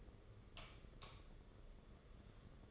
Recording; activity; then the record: daily activity, microphone in the room; light off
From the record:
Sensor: 4